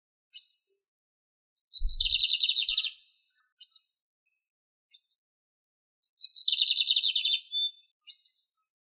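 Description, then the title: Bird song: sharp high whistled notes alternating with short buzzy chattering trills, repeating in a pattern, with a faint low thump once. "LuckyPassaros CompletosSama"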